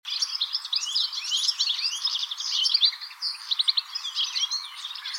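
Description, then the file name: European goldfinch chattering steadily with rapid liquid twitters, ticks and brief buzzy notes packed closely together throughout, with no other sounds standing out. "Carduelis carduelis"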